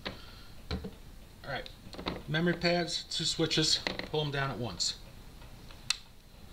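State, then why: Released. During field stripping of a PX4 Storm 9mm pistol, the two takedown switches are pulled down together and the metal slide moves forward off its stop on the frame. Someone talks through most of the clip, and a sharp click rings out at 5.9 s as the slide releases forward.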